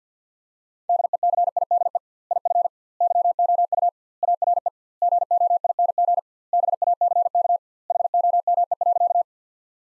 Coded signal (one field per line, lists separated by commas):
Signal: Morse code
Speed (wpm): 50 wpm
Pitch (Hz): 700 Hz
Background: none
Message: DECIDE IF YOU ARE GOING BACK HOME.